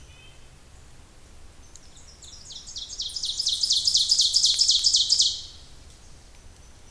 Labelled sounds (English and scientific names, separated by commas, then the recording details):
Ovenbird (Seiurus aurocapilla) song
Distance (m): 20 m
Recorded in boreal forest in Alberta, Canada, on 26 May 2016 at 08:12
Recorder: SongMeter 3, array SBT-3-15
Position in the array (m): 54 m, 222 m
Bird 20